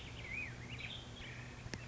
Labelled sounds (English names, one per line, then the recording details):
Black-headed Grosbeak
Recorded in Sonoma County, California